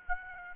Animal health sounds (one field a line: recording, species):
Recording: mosquito wingbeat signal from an infrared sensor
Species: Aedes aegypti